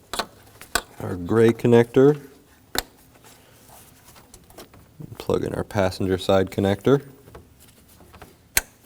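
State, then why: Seated. On a 2016-2022 Honda Pilot 3.5L V6, during replacement of the driver's side A/C condenser cooling fan assembly, someone talks while plugging in a gray connector and then the passenger side cooling fan's plastic electrical connector into its fan motor plug. Several sharp clicks and taps sound between the speech, and a loud, sharp click at 8.6 s marks the connector seating fully down so it cannot pull back out.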